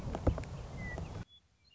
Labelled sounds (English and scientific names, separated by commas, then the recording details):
Western Meadowlark (Sturnella neglecta)
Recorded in Sonoma County, California